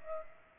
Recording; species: mosquito wingbeat signal from an infrared sensor; Culex pipiens